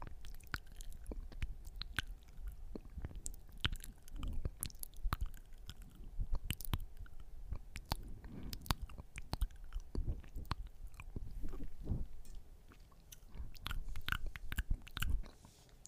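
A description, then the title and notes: Close, wet mouth sounds with rapid sticky clicks and smacks, dense and irregular throughout, over a soft low rumble. (no talking). Mouth Sounds.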